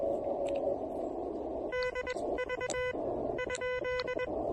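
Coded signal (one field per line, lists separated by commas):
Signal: Morse code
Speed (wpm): 21 wpm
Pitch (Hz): 2000 Hz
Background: none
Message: DV?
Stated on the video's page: QRP summit activation pile-up using an Elecraft KH1 with speaker-wire antenna, on 20, 40 and 17 meters.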